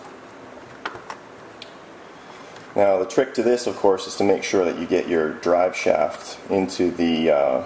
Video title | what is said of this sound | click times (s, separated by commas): R/C Disney Nautilus Submarine | slide it back until it locks into place now | 0.9 s